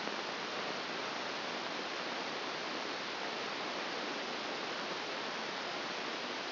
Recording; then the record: brain microelectrode recording played as sound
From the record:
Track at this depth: outside the subthalamic nucleus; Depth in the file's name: 0.641 mm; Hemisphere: left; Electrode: 2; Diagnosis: Parkinson's disease